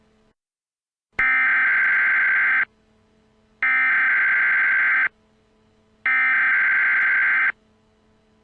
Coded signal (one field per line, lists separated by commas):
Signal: Emergency Alert System (SAME) tones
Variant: header bursts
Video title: EAS Scenario #6 EXE Double Trouble NateDog2020P EXE's and Lincoln530 EXE's revenge